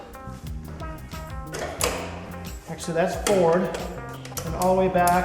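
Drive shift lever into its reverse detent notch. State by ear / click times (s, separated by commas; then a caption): not seated / none. Someone talks while moving the metal speed/direction drive shift lever on an old snowblower all the way back toward its reverse detent notch, with a few light taps along the way. The clip ends before the lever reaches the notch, so nothing has seated or clicked yet.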